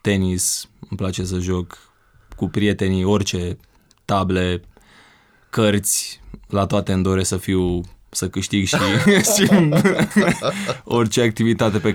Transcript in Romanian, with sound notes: Tenis, îmi place să joc cu prietenii orice – table, cărți, la toate îmi doresc să câștig. (râde cu poftă) În orice activitate